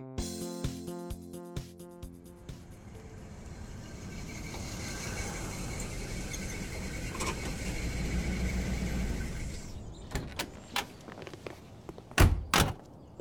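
A car engine hums steadily and dies away, then a car door clicks open and shuts with a firm thud as a man gets out, with a few sharp latch clicks around it; no one speaks.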